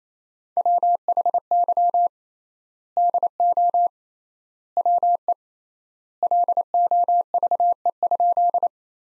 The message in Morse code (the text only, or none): WHY DO WE LOVE?